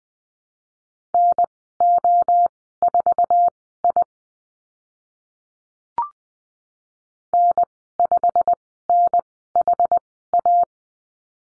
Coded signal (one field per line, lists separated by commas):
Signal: Morse code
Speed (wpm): 19 wpm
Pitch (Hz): 700 Hz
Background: none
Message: NO4I N5NHA